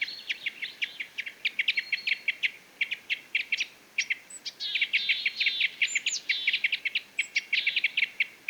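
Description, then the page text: Parrot crossbill calls: quick chattering runs of sharp chips, growing denser after four seconds, with a few faint high squeaks above. "Jelmer Poelstra - Клёст-сосновик (Loxia pytyopsittacus)"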